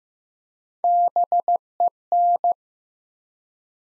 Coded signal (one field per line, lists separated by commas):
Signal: Morse code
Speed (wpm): 15 wpm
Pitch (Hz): 700 Hz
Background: none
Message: BEN